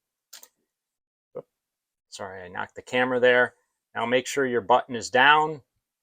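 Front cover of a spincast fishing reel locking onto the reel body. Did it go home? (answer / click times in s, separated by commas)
no / none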